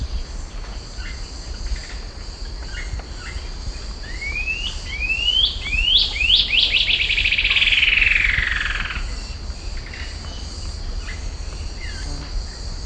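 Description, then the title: Cinereous antshrike delivers rising whistled notes accelerating into a dense, falling trill, with faint chips and a continuous insect buzz in the background. Subspecies glaucus. "LuckyPassaro Completos2Sama. Cinereous Antshrike (Thamnomanes caesius glaucus)"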